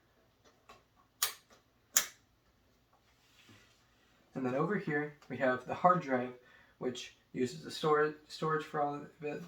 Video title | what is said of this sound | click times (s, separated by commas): COMM 110 - 1018 - Informative Speech | line it up and then click | 1.2 s, 2.0 s